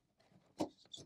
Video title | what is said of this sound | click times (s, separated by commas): Installing a Honeywell LTE IA or IV Communicator to a Vista 21IP System | nice and secure and clicked into place so that's good | 0.9 s